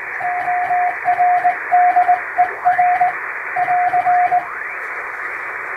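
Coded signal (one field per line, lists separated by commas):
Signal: Morse code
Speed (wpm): 20 wpm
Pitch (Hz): 720 Hz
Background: radio noise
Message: ORDER <AR>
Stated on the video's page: Recreation of shortwave Morse like coast station traffic, with added noise and fading, for receiving practice.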